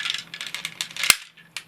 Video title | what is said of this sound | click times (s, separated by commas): Review 1992 Skyquake & Snare | you go did you hear the click so | 1.1 s